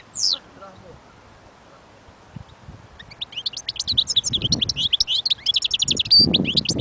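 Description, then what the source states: European goldfinch song: a brief high call, a pause, then a fast twittering run of tinkling, buzzy notes through the second half, with faint low rumbling. Wild bird.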